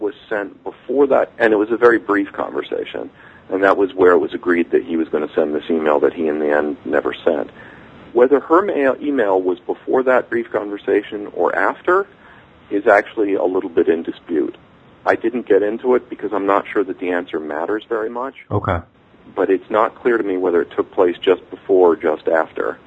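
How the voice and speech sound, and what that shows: One adult man speaks fluently at a conversational pace, with a low, clear voice and natural pauses between phrases. Articulation and rhythm are ordinary, with no blocks, repetitions or slurring. The sound is slightly narrow and phone-like.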